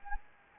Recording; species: mosquito wingbeat signal from an infrared sensor; Anopheles gambiae